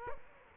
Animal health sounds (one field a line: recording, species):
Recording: mosquito wingbeat signal from an infrared sensor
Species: Culex quinquefasciatus